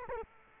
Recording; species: mosquito wingbeat signal from an infrared sensor; Culex quinquefasciatus